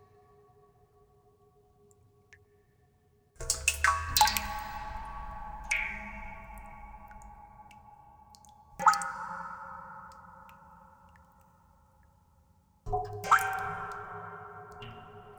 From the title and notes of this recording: Dripping introduces the listener to imaginary rooms, whose physical structures are made tangible by the composition of droplets generating sound. The initially irregular dripping sounds describe a path through a "virtual" soundscape of various different material consistencies.